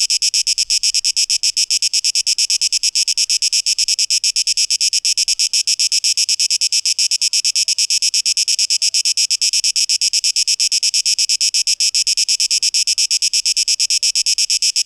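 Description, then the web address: Cicada song, long steady run of rapid high-pitched buzzy pulses, ticking along evenly without pause. Cicadas, 12 August 2023. "rauschpartikel Audio 2023-08-12 Zikaden (Tape Echo Mix)"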